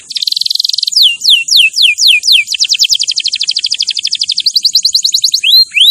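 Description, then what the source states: Canary with a dry buzzy trill, then slow falling sweeps, then a long run of rapid repeated notes, closing with two rising whistles. Champion canary song used as a master recording for training other birds.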